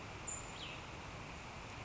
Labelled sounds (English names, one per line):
Cassin's Vireo